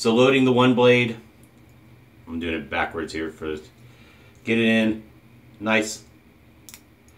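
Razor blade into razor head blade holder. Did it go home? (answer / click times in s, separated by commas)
yes / 6.7 s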